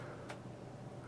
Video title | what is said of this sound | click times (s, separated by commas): Simple Suture older version | it unlocks you see I'm putting the pressure there and it opens | 0.3 s